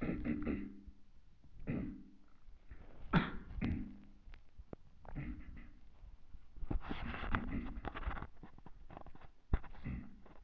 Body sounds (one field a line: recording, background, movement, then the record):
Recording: throat clearing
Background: quiet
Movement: sitting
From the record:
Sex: male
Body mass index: 23.7 kg/m2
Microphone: on the chest, facing the body